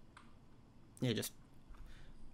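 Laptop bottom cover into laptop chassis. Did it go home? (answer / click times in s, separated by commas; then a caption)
no / none. A plastic bottom cover on a Qosmio X70 laptop is being handled against the chassis, pressed down so its edge clips in, starting at the battery area. Someone talks briefly, with faint ticks at about 0.2 s and 1.8 s. Nothing has seated or clicked into place yet.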